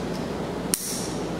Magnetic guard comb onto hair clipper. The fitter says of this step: they just lock into place